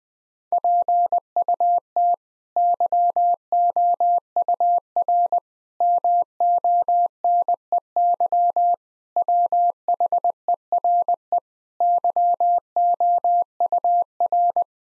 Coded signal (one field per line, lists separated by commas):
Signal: Morse code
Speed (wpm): 20 wpm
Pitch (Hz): 700 Hz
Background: none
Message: PUT YOUR MONEY WHERE YOUR